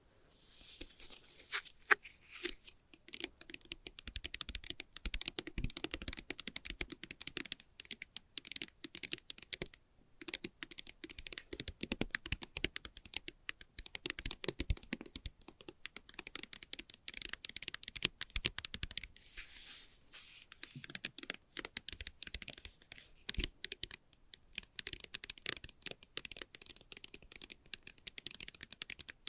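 Fast, light tapping runs through the whole stretch in dense, irregular bursts of short bright clicks, much like quick typing on a keyboard. Brief pauses break the flow now and then, around ten and twenty seconds, before the rapid patter resumes.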